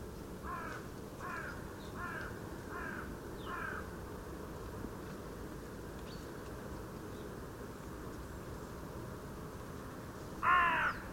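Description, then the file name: Carrion crow with a run of five short, fairly faint caws in the first four seconds, then one louder harsh caw near the end, over low rumbling noise. "Corvus corone"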